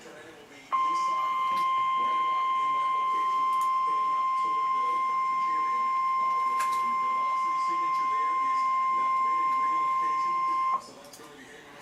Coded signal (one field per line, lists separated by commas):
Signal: Emergency Alert System (SAME) tones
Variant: 1050 Hz attention tone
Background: speech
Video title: NOAA Weather Radio EAS Alert #371 (Tornado Warning)